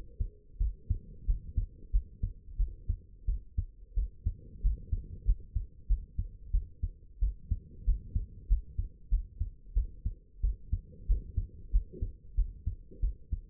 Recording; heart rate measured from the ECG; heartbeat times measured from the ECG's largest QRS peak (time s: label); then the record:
heart sounds by stethoscope; 92 bpm
0.59 s: heartbeat
1.26 s: heartbeat
1.92 s: heartbeat
2.57 s: heartbeat
3.26 s: heartbeat
3.95 s: heartbeat
4.62 s: heartbeat
5.25 s: heartbeat
5.88 s: heartbeat
6.52 s: heartbeat
7.20 s: heartbeat
7.85 s: heartbeat
8.48 s: heartbeat
9.10 s: heartbeat
9.74 s: heartbeat
10.42 s: heartbeat
11.07 s: heartbeat
11.72 s: heartbeat
12.36 s: heartbeat
13.01 s: heartbeat
From the record:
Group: healthy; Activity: rest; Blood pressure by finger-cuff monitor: 89/62 mmHg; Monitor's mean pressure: 75 mmHg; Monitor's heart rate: 91 bpm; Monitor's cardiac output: 7.8 L/min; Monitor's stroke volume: 84 mL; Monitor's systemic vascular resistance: 700 dyn s/cm5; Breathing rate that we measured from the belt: 19 breaths a minute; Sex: female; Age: 22 years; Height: 161 cm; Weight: 65.5 kg